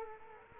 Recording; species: mosquito wingbeat signal from an infrared sensor; Culex quinquefasciatus